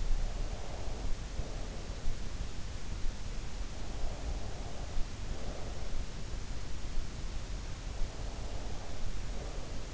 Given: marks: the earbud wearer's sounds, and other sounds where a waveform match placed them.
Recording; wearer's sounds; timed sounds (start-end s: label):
sounds in sleep by an in-ear microphone; breath
0.00-2.09 s: breath
4.05-5.92 s: breath
8.42-9.82 s: breath